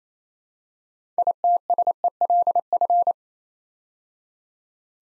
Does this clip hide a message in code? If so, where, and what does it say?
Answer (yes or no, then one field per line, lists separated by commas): yes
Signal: Morse code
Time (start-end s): 1.2-3.1 s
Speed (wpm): 27 wpm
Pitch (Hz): 700 Hz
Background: none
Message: ITSELF